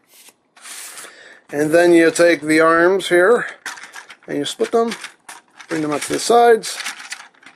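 Someone talks while handling a plastic Titans Return Leader Powermaster Optimus Prime transforming action figure, splitting its arms and bringing them to the sides, with a few faint plastic clicks near the end. The plastic arm section has not yet snapped into place in the torso; nothing has seated yet.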